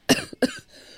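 Two quick, sharp coughs from an adult woman about a third of a second apart, each a short explosive burst that fades fast, in a quiet small room. A plain cough with no wheeze or rattle.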